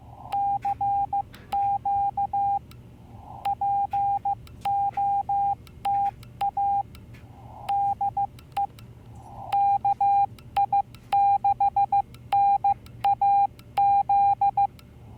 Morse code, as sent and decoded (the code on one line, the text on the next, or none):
-.-. --.- / .--. --- - .- / -.. . / -.- .. -.... -. .- --..
CQ POTA DE KI6NAZ